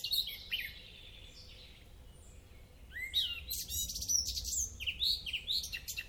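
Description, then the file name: Eurasian blackcap: a few short notes and a long thin whistle sliding slowly downward, then a loud burst of quick chirps, twitters and rising slurs. "Sylvia atricapilla"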